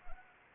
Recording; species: mosquito wingbeat signal from an infrared sensor; Anopheles arabiensis